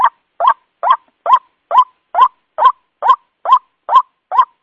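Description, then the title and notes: White-breasted waterhen giving a steady series of single harsh upslurred notes, about two per second, evenly spaced. Lure call used for attracting waterhens. "Pikat Ruak Jawara. Suara Burung Ruak"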